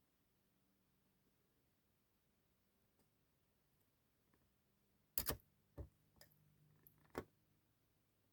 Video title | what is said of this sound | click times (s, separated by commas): NEW Oal Hill Model Railroad Track Supply Roadmaster Series Tie Rods for HO Scale Turmouta | You heard the click. | 5.2 s